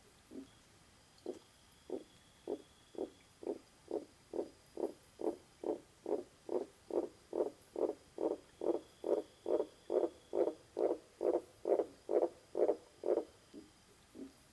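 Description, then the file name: Namiye's frog giving a long series of short low knocking croaks, about two per second, steadily growing louder before easing off at the end. "Limnonectes Namiyei Is Calling"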